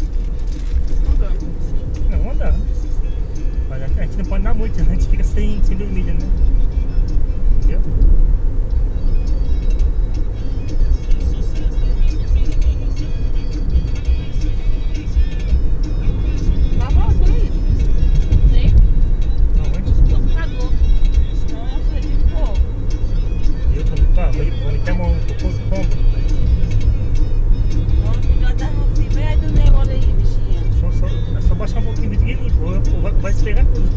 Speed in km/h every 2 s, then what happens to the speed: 67, 69, 74, 78, 80, 80, 78, 78, 78, 78, 79, 83, 84, 84, 84, 84, 84.
0-8 speeds up to 80. 8-19 steady at about 78. 19-23 speeds up to 84. 23-34 steady at about 84.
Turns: none.